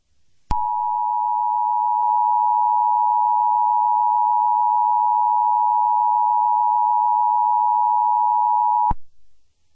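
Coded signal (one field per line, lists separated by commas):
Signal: Emergency Alert System (SAME) tones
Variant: 853 and 960 Hz attention tone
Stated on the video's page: Fictional EAS scenario containing valid EAS tones.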